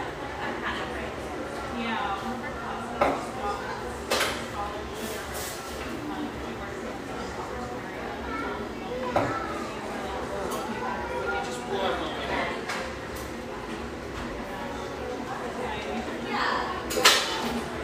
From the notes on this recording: warm, firelit café in one of America's most popular ski towns